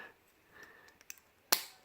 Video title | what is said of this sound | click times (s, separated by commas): Composite EnerJoe Reviews: Transformers RID Combiner Force Deluxe Skywarp | lift up and you hear a nice click in there | 1.5 s